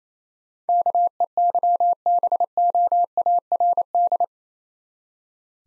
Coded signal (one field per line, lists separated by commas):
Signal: Morse code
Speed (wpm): 28 wpm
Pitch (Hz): 700 Hz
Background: none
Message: KEYBOARD